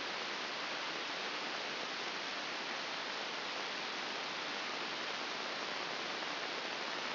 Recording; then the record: brain microelectrode recording played as sound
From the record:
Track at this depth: outside the subthalamic nucleus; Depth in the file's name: 4.898 mm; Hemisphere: left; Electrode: 2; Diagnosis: Parkinson's disease